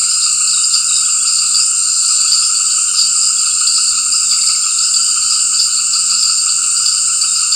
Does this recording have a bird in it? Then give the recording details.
no. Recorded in dense forest near Puerto Asís, Putumayo, Colombia, on 18 February 2024 at 18:30. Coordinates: 0.484, -76.317. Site G6464